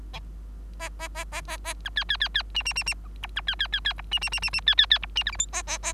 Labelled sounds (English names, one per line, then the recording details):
Bengalese Finch song
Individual Bird3